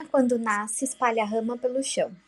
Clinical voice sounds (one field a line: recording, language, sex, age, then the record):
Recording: short text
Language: Brazilian Portuguese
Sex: female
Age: 20 to 29 years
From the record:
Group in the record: control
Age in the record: 28 years